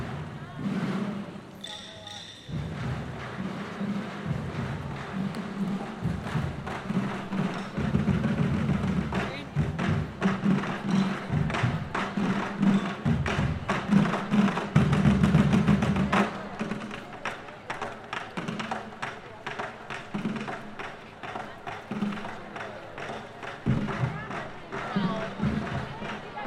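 Masked drummers pound on large plastic oil containers before an evening crowd, producing a rapid, dense run of deep, hollow thuds that barely pauses. After a brief bright sound at the start, the beating settles in, growing loudest mid-clip, with voices murmuring in the background.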